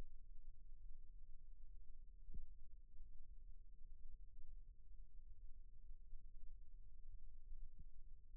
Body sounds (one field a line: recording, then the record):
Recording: forearm muscle sounds (acoustic myography)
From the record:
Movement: rest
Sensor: system 1, eight BSWA MPA416 microphones around the upper forearm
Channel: 6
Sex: female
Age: 21 years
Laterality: right